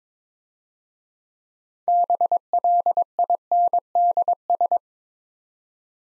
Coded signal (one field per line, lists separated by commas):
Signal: Morse code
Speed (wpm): 22 wpm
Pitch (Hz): 700 Hz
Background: none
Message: BLINDS